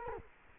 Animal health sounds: mosquito wingbeat signal from an infrared sensor; Culex quinquefasciatus

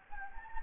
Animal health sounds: mosquito wingbeat signal from an infrared sensor; Anopheles gambiae

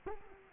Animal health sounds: mosquito wingbeat signal from an infrared sensor; Culex quinquefasciatus

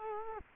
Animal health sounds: mosquito wingbeat signal from an infrared sensor; Culex quinquefasciatus

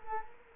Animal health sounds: mosquito wingbeat signal from an infrared sensor; Culex quinquefasciatus

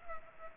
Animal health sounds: mosquito wingbeat signal from an infrared sensor; Culex pipiens

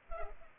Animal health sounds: mosquito wingbeat signal from an infrared sensor; Culex pipiens

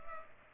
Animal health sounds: mosquito wingbeat signal from an infrared sensor; Culex pipiens

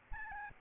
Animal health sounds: mosquito wingbeat signal from an infrared sensor; Aedes albopictus

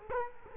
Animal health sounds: mosquito wingbeat signal from an infrared sensor; Culex quinquefasciatus

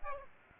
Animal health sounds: mosquito wingbeat signal from an infrared sensor; Aedes aegypti

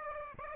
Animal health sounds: mosquito wingbeat signal from an infrared sensor; Aedes aegypti

